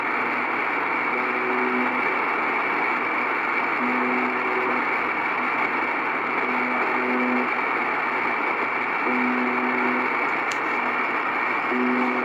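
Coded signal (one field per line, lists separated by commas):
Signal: channel marker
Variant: UVB-76 (The Buzzer)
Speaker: so this is the Russian buzzer 46:25 it's kind of a channel marker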